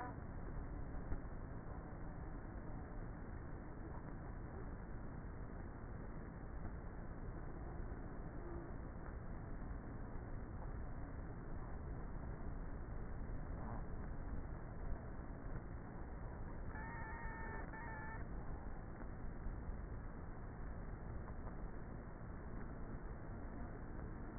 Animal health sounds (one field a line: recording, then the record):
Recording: honeybee colony, microphone inside the hive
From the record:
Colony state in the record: queenless with a low population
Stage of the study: before two queens were removed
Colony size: about 30,000 bees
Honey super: no